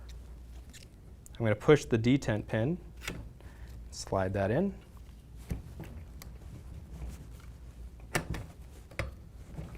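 A handlebar stem is being slid into the fork steerer of a child's bicycle with its detent pin pressed in, while someone talks. Short taps and handling knocks sound throughout. Nothing has seated or clicked yet.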